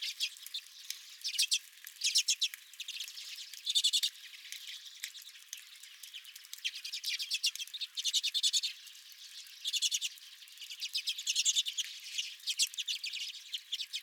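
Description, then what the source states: Redpoll flock keeps up energetic, stuttering chatter, with loud trill bursts recurring throughout. Several redpolls at the recordist's own feeder.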